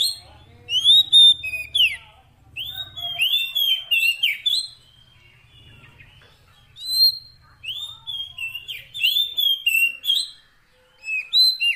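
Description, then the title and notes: Oriental magpie-robin pouring out varied whistles and chips in bursts, with a low steady hum beneath parts of the song. Long-duration fill-in (isian) song of kacer, meant to make the bird sing vigorously (gacor) day and night. "Kacer Jadi Gacor Siang Malam. Isian Kacer Durasi Panjang"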